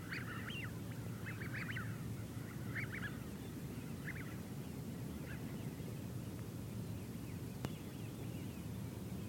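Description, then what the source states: Eurasian wigeon squeals in quick clusters of whistled notes during the first few seconds, then thinning out, against a continuous breezy rumble. Ribble estuary marshes, Lancashire; bright, breezy February mid-morning; heard from sea defence between estuary and farmland; soft squeals.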